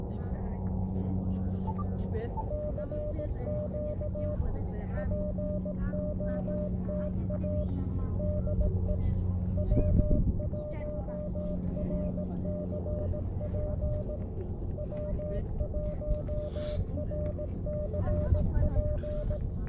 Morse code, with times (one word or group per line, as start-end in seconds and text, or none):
2.5-4.4 CQ
5.0-7.6 POTA
8.2-9.0 DE
9.6-14.2 W1RCP
14.8-19.4 W1RCP